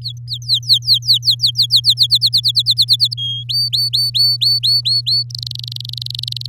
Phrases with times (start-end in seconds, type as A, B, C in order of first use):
0.01-1.80 A, 1.84-3.14 B, 3.17-3.44 C, 3.49-5.23 D, 5.30-6.46 E